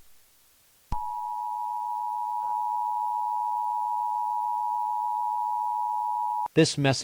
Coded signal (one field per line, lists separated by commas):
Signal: Emergency Alert System (SAME) tones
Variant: 853 and 960 Hz attention tone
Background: speech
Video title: EAS Scenario #3: When The Palm Trees Shake